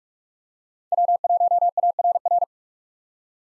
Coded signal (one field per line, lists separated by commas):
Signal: Morse code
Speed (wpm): 46 wpm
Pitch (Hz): 700 Hz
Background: none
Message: W1ARR